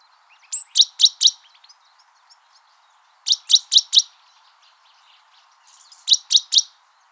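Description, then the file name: Great tit call series: three groups of quick, high metallic chirps, the first preceded by a thin whistled note, separated by quiet pauses. "Parus major"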